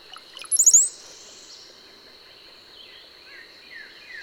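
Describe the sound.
Bird giving a quick burst of high, rapidly falling chirps near the start, then faint scattered high notes over a steady hiss.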